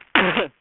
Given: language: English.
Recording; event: throat vibration sensor signal played as sound; cough